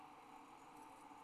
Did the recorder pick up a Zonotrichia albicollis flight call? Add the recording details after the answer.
no. No flight call is heard. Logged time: 21:45 on 29 November 2014